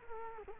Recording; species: mosquito wingbeat signal from an infrared sensor; Culex quinquefasciatus